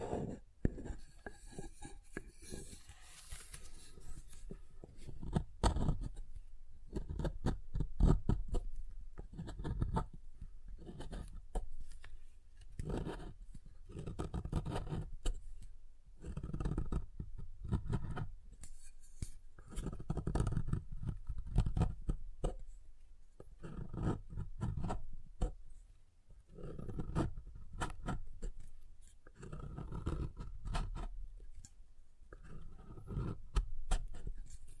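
Tapping and carving on soap, with repeated scraping strokes that come in bursts every second or two throughout. Each stroke has a low, dull body with a dry rasp on top, and sharp taps punctuate the pauses. Brief quiet gaps separate the strokes.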